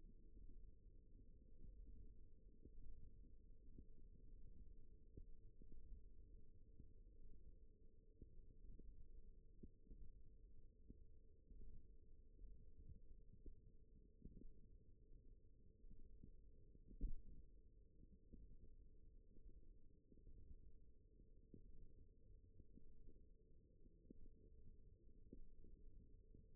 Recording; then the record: forearm muscle sounds (acoustic myography)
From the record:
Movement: thumb flexion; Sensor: system 1, eight BSWA MPA416 microphones around the upper forearm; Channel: 4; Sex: female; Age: 20 years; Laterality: right